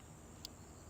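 A full-size SD memory card is lined up and pushed fully into the card slot under the right-hand grip cover of a DSLR camera. It seats with a short, sharp click at 0.4 s over a steady low hum, and another brief tick follows at 1.0 s. The card is seated.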